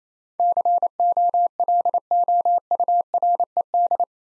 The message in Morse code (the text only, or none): COLOURED